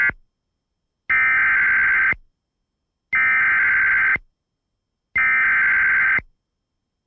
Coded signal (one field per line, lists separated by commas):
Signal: Emergency Alert System (SAME) tones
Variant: header bursts